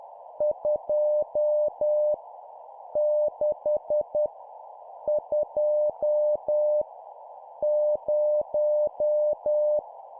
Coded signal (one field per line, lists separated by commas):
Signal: Morse code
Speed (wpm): 10 wpm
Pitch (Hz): 600 Hz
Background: none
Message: 2 6 2 0